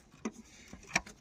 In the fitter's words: this guy Pops in here